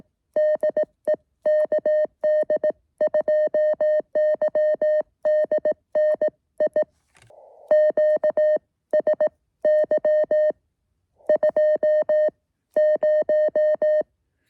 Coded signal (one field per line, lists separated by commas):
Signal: Morse code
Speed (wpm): 18 wpm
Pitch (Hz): 620 Hz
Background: music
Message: DE KD2YDN I QSY 20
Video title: KD2YDN activates W2/GC-115 Red Hill QRP SOTA